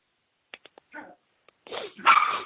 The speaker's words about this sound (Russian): Собака.